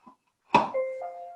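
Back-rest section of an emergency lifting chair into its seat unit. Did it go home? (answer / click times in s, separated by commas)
yes / 0.5 s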